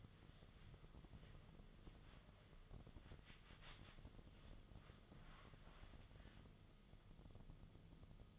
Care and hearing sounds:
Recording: daily activity, microphone in the room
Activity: wipe stove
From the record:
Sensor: 4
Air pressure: 1005.6 hPa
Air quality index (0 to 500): 108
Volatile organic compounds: 3 ppm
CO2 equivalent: 1350 ppm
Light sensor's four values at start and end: 12/27/11/10 and 12/27/10/10

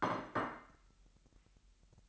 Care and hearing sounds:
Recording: daily activity, microphone in the room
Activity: place plate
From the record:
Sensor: 3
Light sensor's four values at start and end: 12/37/16/13 and 12/37/16/13

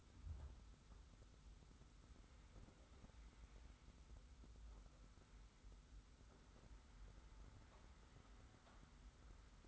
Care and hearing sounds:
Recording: daily activity, microphone in the room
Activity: wipe stove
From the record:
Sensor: 3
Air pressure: 991.4 hPa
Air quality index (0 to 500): 151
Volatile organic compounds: 541 ppm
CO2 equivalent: 4872 ppm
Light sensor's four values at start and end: 49/136/55/49 and 50/136/55/49

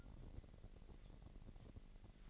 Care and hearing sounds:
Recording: daily activity, microphone in the room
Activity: take from stove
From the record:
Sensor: 4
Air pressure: 1012.8 hPa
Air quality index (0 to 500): 239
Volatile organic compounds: 4 ppm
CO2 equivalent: 1589 ppm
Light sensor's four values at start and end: 29/68/28/27 and 28/67/28/27

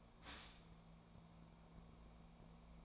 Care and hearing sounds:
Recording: daily activity, microphone in the room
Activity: stop toaster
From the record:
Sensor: 1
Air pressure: 1000.3 hPa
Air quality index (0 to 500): 154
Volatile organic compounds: 3 ppm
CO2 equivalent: 1439 ppm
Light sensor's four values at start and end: 30/74/31/38 and 30/74/31/37

